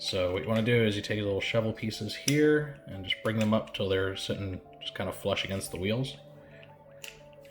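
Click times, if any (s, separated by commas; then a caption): 7.0 s. Someone talks over background music while bringing the small plastic shovel pieces on a transforming robot toy's legs up until they sit flush against the wheels. A sharp click at 7.0 s marks a shovel piece popping into place in the leg, seated.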